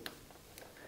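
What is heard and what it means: A male plastic multi-pin wiring connector for a Weiser Technik Wizard add-on lighting module is pushed into the female connector of a BMW R1300GS motorcycle lighting harness, with the small locating nub facing up. A sharp click at 0.1 s shows it seating into place, followed by a softer tick at 0.6 s.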